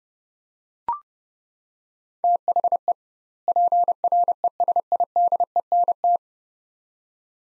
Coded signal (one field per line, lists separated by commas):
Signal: Morse code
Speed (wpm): 30 wpm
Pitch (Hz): 700 Hz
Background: none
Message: THE PRESIDENT